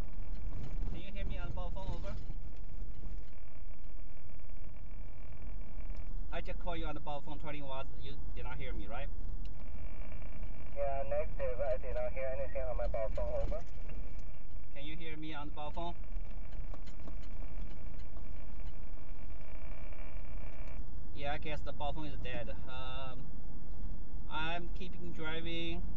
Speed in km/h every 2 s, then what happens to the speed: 29, 27, 31, 32, 34, 35, 34, 31, 29, 27, 31, 35, 40.
0-11 steady at about 31. 11-18 slows to 27. 18-26 speeds up to 40.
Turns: none.